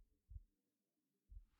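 Two soft, low thumps about a second apart, a woman's steady heartbeat near 60 beats a minute, a gentle 'toku-n, toku-n' rhythm.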